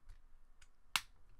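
A plastic shoulder piece on a Transformers: The Last Knight Leader Class Megatron transforming robot figure is rotated and its rectangular piece is pressed into its slot in the figure's torso. A faint tick sounds at 0.6 s, then one sharp, bright snap at 1.0 s as the piece seats and is tapped in.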